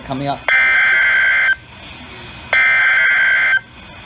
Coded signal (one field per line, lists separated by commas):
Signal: Emergency Alert System (SAME) tones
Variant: header bursts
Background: speech